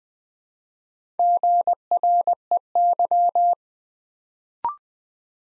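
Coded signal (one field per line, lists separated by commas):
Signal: Morse code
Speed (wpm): 20 wpm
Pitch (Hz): 700 Hz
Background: none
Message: GREY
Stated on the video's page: Morse code practice at 20 wpm, building 3- to 5-letter words one letter at a time, for instant character recognition.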